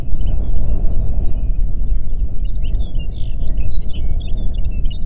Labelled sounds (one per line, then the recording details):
songbird
wind
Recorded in the Prudhoe Bay oil fields, Alaska, on 8 June 2019 at 04:59
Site 30